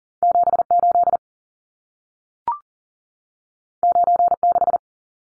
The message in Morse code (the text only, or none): 78 96